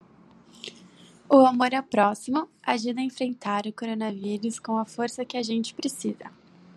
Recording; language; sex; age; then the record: spoken sentence; Brazilian Portuguese; female; 20 to 29 years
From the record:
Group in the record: control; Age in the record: 26 years